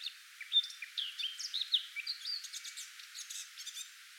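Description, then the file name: Eurasian blackcap song: a soft, hurried warble of short chirps and slurred whistles, ending in a run of quick scratchy notes. "Sylvia atricapilla"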